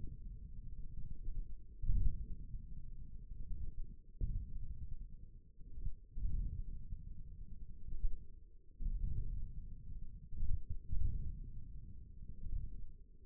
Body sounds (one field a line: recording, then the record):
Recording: forearm muscle sounds (acoustic myography)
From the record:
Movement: wrist flexion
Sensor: system 1, eight BSWA MPA416 microphones around the upper forearm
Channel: 2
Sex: male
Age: 28 years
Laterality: right